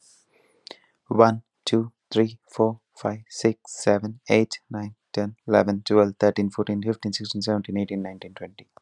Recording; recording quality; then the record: counting at a fast pace; excellent, no background noise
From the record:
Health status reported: healthy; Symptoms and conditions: none ticked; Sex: male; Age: 27 years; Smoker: not ticked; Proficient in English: yes